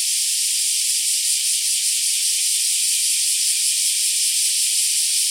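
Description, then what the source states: Black cicada in a constant high, sizzling buzz that holds steady for the whole stretch. More than one black cicada.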